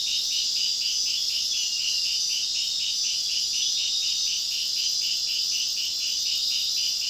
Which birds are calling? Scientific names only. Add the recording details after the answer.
none. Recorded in dense forest near Puerto Asís, Putumayo, Colombia, on 18 February 2024 at 00:30. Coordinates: 0.499, -76.324. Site G6469